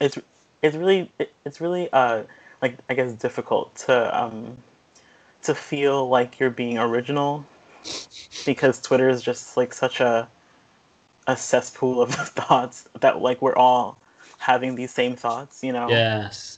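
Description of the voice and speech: An adult woman who has stuttered since age 3 speaks conversationally, with an opening phrase repeated, a drawn-out filler, stretched sounds and several long silent pauses mid-sentence, typical of stuttering blocks and repetitions. Between these breaks her voice is clear and fluent, in a small quiet room.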